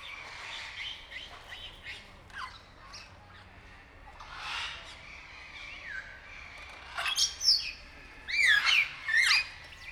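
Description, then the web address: Grey parrot making rough squawks early on, then clear whistled notes with rising and falling slides in the last three seconds. Captive grey parrot in a zoo in Nyíregyháza, 2019. "jako papagaj hosszabban nyiregyhaza"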